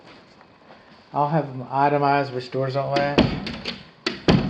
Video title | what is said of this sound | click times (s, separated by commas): 1Eb. 2,000's N Dallas Interior | that doesn't latch | none